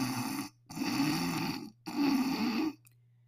His vocal tic presented itself as a repeated, super annoying nose clearing noise.